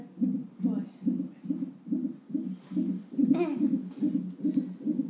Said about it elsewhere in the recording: What we want is a 5 beats difference within a minute. And it is doing that actually, so I'm quite happy. when I first listened in, it was sort of stick at 135, 135, 135. We had a little bit of a dip there, but it was very, very short lived and it returned within about 5 seconds. So that's normal, it's just within the variability, it's absolutely fine.